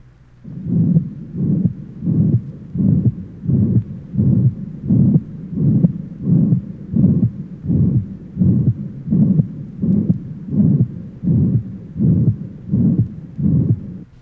Age 12, ventricular septal defect, left sternal border area.